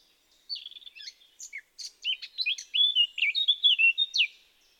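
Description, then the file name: Eurasian blackcap singing a rich, varied warble of quick chirps and slurred whistles that grows louder toward the end, in a quiet background. "Sylvia atricapilla"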